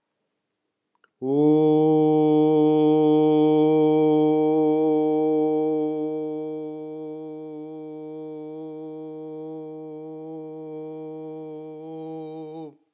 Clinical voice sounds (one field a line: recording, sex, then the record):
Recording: sustained vowel /u/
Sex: male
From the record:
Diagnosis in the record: healthy control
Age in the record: 68 years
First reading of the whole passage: 60 s, 8.7 characters per second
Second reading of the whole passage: 55 s, 9.3 characters per second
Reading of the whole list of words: 43 s, 6.5 characters per second